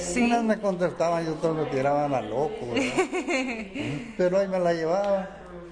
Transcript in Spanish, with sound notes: Unas me contestaban y otros me tiraban a loco, ¿verdad? (risas) Pero ahí me la llevaba.